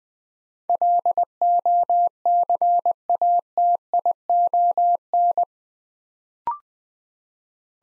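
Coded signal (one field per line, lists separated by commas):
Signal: Morse code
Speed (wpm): 20 wpm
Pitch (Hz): 700 Hz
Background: none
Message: LOCATION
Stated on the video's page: Morse practice at 20 wpm building 8-letter words two letters at a time.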